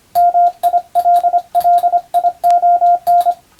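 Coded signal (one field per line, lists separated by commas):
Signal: Morse code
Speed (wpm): 25 wpm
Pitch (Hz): 700 Hz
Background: radio noise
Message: MILLION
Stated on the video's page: Morse receiving practice in the style of the national radio operator exam, recorded by a first-class radiotelegraph operator.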